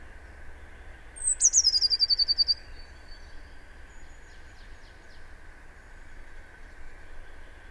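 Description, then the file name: Eurasian blue tit giving a high, thin opening note that runs into a rapid, slightly descending trill of about a dozen notes; faint scraps follow over a steady low hum. "Cyanistes caeruleus"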